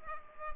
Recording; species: mosquito wingbeat signal from an infrared sensor; Culex pipiens